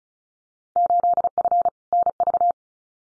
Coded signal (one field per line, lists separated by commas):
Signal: Morse code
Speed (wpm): 34 wpm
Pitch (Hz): 700 Hz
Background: none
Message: 8F NV